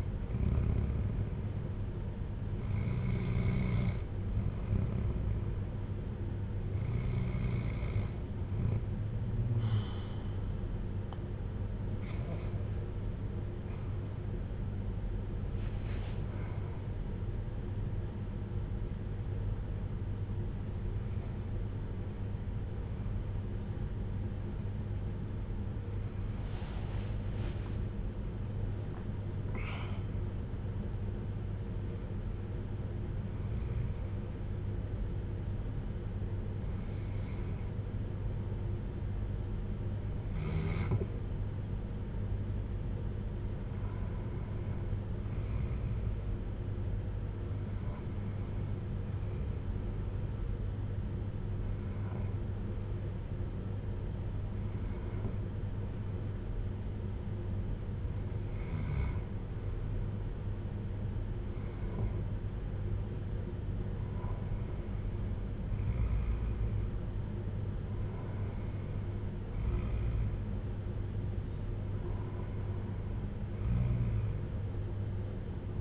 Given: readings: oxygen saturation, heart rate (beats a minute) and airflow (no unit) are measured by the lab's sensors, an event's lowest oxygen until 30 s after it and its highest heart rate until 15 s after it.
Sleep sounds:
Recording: breathing in sleep by a smartphone at the bedside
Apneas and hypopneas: 1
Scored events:
1.00-31.00 s: new sleep stage, awake
3.00-32.00 s: awake
31.00-61.00 s: new sleep stage, N1 (lightest sleep)
32.00-58.30 s: hypopnea (N1, oxygen 96% highest, then 93% lowest, heart rate 68 at the start, 76 highest)
61.00-75.81 s: new sleep stage, N2 (light sleep)
From the record:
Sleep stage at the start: N2 (light sleep)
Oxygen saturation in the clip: 92 to 96%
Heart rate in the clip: 54 to 76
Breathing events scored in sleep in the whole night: 310 in 8.1 hours asleep

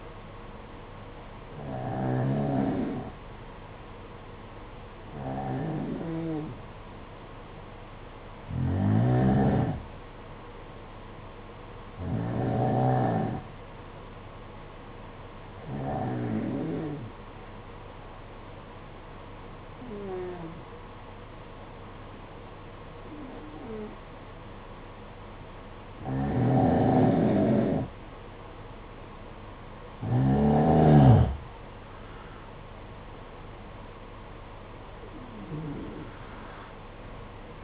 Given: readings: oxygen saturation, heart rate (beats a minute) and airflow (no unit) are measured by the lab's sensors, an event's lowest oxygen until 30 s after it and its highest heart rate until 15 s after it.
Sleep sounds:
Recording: breathing in sleep by a voice recorder at the bedside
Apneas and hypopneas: 1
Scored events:
12.00-30.30 s: hypopnea (N2, oxygen 92% highest, then 87% lowest, heart rate 56 at the start, 63 highest)
From the record:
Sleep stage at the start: N2 (light sleep)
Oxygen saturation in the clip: 89 to 92%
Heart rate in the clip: 53 to 63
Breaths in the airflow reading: 10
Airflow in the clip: -7.6 to 8.8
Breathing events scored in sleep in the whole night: 476 in 9.7 hours asleep

